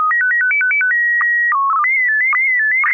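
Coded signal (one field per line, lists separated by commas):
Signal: SSTV (slow-scan television)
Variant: PD 120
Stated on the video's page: SSTV images exchanged on a weekly amateur net via an FM repeater on 441.300 MHz in Sacramento, sent with MMSSTV software.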